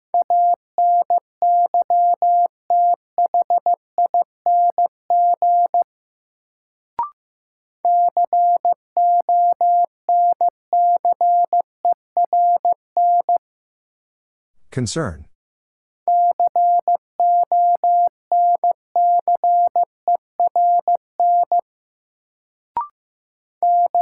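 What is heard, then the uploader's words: A word sent in Morse code as a steady mid-pitched tone broken into rapid dots and dashes, in three runs separated by short pauses. Around the middle there is a brief noisy sweep, and faint clicks sit in the gaps near 7 and 23 seconds. Sentences from Top 1000 Words - New Word Drill - 15wpm. First, the word is sent in Morse code.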